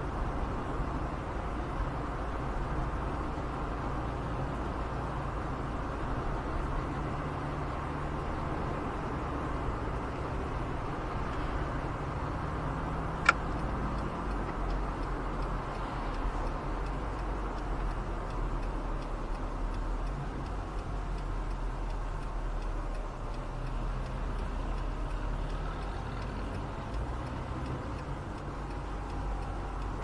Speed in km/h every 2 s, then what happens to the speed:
40, 40, 40, 44, 46, 45, 44, 41, 37, 28, 23, 21, 20, 23, 23.
0-11 steady at about 40. 11-23 slows to 20. 23-30 steady at about 23.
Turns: none.